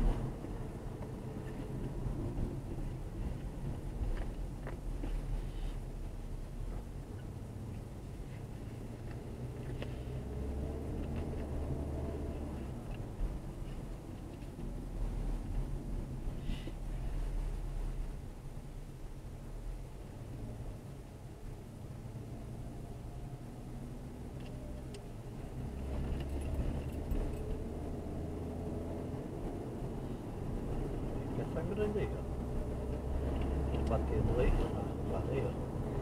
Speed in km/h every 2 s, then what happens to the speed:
30, 22, 21, 21, 23, 30, 27, 18, 13, 12, 13, 15, 19, 27, 33, 36, 41, 44.
0-4 slows to 21. 4-11 speeds up to 30. 11-16 slows to 13. 19-36 speeds up to 44.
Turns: none.